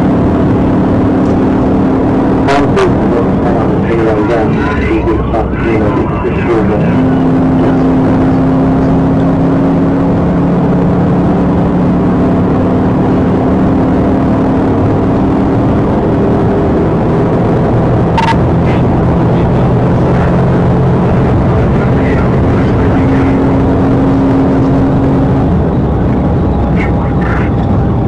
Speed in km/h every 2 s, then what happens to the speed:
138, 143, 114, 122, 126, 134, 140, 147, 151, 161, 164, 164, 166, 153.
2-4 brakes to 114. 5-25 speeds up to 166. 25-28 brakes to 153.